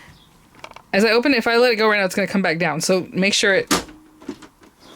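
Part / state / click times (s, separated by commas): support leg of the ink access door on an inkjet printer / seated / 4.4 s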